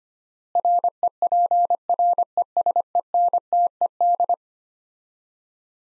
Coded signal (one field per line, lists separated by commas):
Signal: Morse code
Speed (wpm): 25 wpm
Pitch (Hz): 700 Hz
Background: none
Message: REPRESENTED